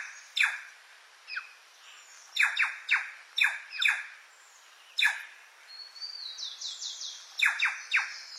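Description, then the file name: Plush-crested jay giving loud harsh calls in short bursts, irregularly spaced, with a brief higher rising chatter in the middle. "canto da gralha picaca"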